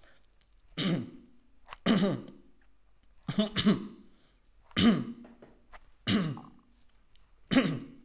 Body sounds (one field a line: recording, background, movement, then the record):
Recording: throat clearing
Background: quiet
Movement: sitting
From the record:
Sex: male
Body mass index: 22.0 kg/m2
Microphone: on the chest, facing outward